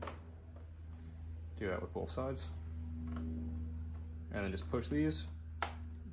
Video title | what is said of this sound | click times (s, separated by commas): Z125 Fender Eliminator Install - TST Industries | you hear a click and they're flush now that is not gonna come anymore | 5.6 s